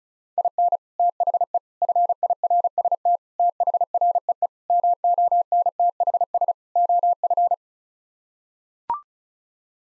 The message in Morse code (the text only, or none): IN THE FIRST THREE MONTHS OF